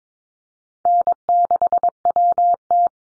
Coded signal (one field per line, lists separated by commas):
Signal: Morse code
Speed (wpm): 22 wpm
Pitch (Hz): 700 Hz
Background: none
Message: N6WT